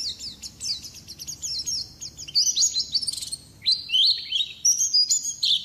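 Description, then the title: Bird song, a rapid string of high chirps, trills and sharp rising and falling whistled notes, in bursts of varied phrases with short pauses. "Kicau Burung"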